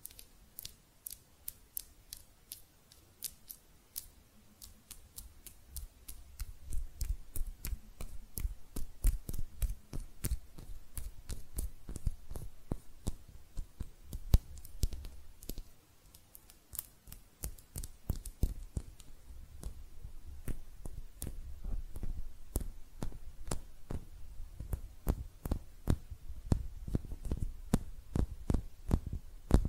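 Hand sounds: quick, crisp clicks and taps follow one another in irregular bursts, some rapid and clustered, some spaced apart. Soft low rubbing and thumping fills the middle and final stretches beneath the sharp taps.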